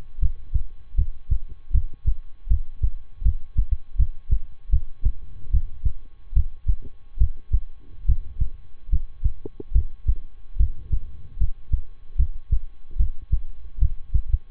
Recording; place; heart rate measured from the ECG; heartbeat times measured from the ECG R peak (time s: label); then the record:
heart sounds by stethoscope; between the tricuspid and mitral areas; 75 bpm
0.18 s: heartbeat
0.94 s: heartbeat
1.71 s: heartbeat
2.47 s: heartbeat
3.22 s: heartbeat
3.96 s: heartbeat
4.69 s: heartbeat
5.50 s: heartbeat
6.33 s: heartbeat
7.17 s: heartbeat
8.05 s: heartbeat
8.89 s: heartbeat
9.72 s: heartbeat
10.56 s: heartbeat
11.37 s: heartbeat
12.16 s: heartbeat
12.96 s: heartbeat
13.78 s: heartbeat
From the record:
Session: rest, lying down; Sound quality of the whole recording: good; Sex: male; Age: 23 years